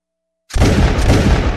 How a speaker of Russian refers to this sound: Звучали выстрелы.